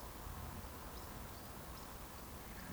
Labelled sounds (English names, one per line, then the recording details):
Eurasian Woodcock whistle
Eurasian Woodcock chase call
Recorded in Baden-Württemberg, Germany, on 15 June 2020 at 20:39 UTC
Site 14569, 102 m above sea level